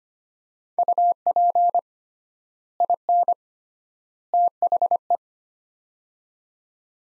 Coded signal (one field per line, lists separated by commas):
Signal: Morse code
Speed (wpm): 25 wpm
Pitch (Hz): 700 Hz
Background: none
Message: UP IN THE